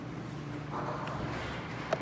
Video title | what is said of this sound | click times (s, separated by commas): AR Blue Clean AR143S Pressure Washer Unboxing + Assembly | this on like that just snaps into place | 1.9 s